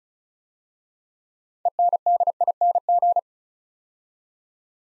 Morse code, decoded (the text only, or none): ENDING